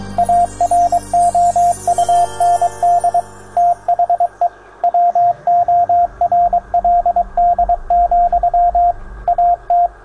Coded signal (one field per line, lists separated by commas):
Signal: Morse code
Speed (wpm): 23 wpm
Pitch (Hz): 700 Hz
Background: radio noise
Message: AROUND THE WORLD, AT